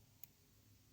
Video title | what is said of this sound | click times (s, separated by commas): Nintendo DS Lite Broken Hinge Repair FIX | When you close the screen, you'll hear a click and it swings down until it's fully closed and then it stops. | 0.2 s